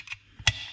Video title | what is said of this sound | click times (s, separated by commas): How to Upgrade the Clutch Pedal Assembly | Good, there we go. You can hear it click in and the jaws will come together a little closer. | 0.5 s